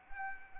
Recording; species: mosquito wingbeat signal from an infrared sensor; Anopheles arabiensis